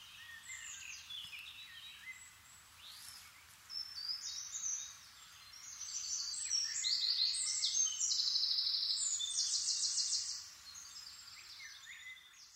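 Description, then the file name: Eurasian wren song: quiet high twitters, then a louder run of rapid trills for about four seconds over faint background hiss. "Troglodytes troglodytes"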